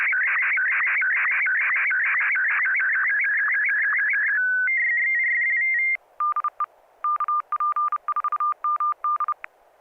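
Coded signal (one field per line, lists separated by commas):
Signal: SSTV (slow-scan television)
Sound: warbling, shifting image tones, then a steady tone, a rapid two-tone trill, and choppy beeps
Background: FM repeater hiss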